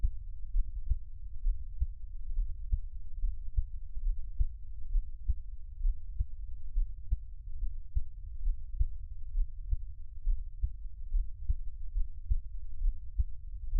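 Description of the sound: Soft, regular low thumps at roughly 68 beats a minute sound steadily over a muffled low hum, with no clear extra sounds between beats and no talking. It is an ordinary adult heartbeat heard close up, an ASMR heartbeat from Taiwan.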